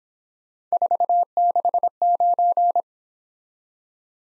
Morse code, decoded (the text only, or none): 469